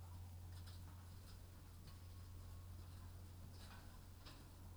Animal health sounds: poultry house recording; healthy chickens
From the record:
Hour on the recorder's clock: 21

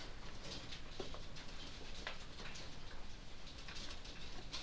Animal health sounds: poultry house recording; healthy chickens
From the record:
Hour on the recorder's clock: 0

